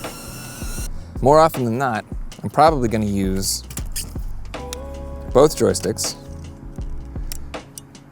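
A HoverAir Beacon drone's handheld joystick controller is handled against its mount or mating joystick while someone talks over background music. Small clicks and knocks are heard around 4.2–4.7 s and again around 7.3–8.0 s. Nothing has seated or clicked into place yet.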